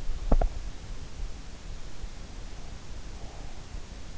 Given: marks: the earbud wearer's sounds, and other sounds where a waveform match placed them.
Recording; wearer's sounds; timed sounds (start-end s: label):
sounds in sleep by an in-ear microphone; teeth grinding
0.23-0.59 s: teeth grinding